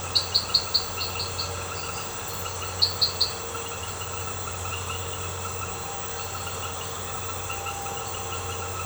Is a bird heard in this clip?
no